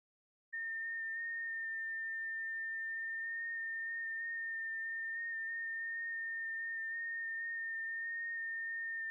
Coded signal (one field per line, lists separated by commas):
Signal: FT8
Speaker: working a little 6 meter magic band. And hey, NM5V, thanks for the contact.